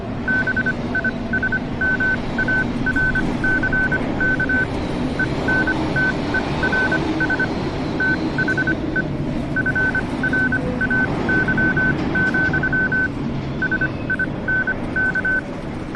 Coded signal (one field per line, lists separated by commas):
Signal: Morse code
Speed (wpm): 25 wpm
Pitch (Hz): 1500 Hz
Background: none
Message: BISMARCK ENTERS THE FRAY, SINK